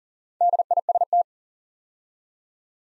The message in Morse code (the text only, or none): DIST